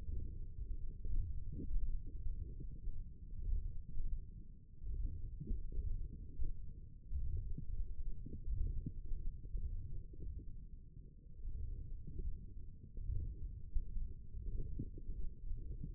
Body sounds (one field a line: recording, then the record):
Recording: forearm muscle sounds (acoustic myography)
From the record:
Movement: radial deviation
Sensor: system 1, eight BSWA MPA416 microphones around the upper forearm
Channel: 1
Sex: female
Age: 21 years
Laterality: right